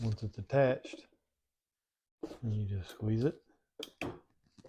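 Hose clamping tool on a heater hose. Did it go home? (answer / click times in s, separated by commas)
yes / 4.0 s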